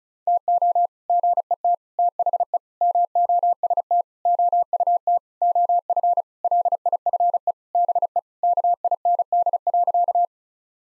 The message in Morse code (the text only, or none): TO GET THE MOST OUT OF LIFE BE KIND.